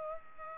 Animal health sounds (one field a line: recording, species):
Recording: mosquito wingbeat signal from an infrared sensor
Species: Culex pipiens